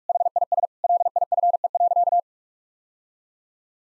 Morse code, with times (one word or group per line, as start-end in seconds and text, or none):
0.1-0.7 HIS
0.8-2.2 LIFE.